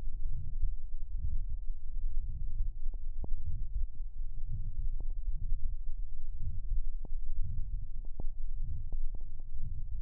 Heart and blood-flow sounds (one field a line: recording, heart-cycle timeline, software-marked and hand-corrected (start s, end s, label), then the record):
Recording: heart sounds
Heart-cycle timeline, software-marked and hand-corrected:
not marked
From the record:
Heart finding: aortic stenosis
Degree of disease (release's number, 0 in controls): 2 to 3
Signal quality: poor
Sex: male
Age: 69 years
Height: 1.66 m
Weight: 100 kg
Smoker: yes